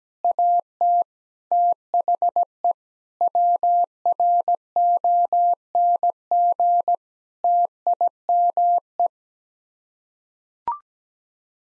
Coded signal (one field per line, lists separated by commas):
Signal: Morse code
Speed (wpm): 17 wpm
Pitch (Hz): 700 Hz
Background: none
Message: AT THE WRONG TIME